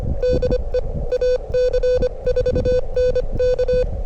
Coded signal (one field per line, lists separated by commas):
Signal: Morse code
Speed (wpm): 25 wpm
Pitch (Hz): 500 Hz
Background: none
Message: DE AC4NK